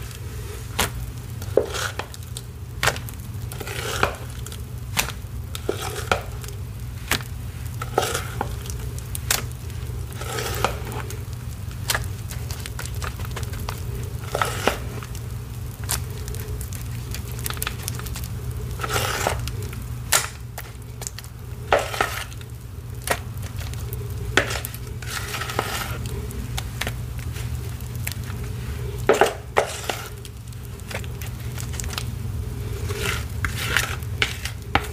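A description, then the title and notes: Paste is mixed in a steady run of short scraping and slapping strokes, each a quick bright burst repeating every second or so across the whole stretch. A constant low hum sits underneath throughout, and the strokes stay fairly even without a clear change in pace. Soft BSN Gym Chalk Water Crushes. Some soft BSN water crushes, Ader crush + mixing paste and mudpie results crushed at the end.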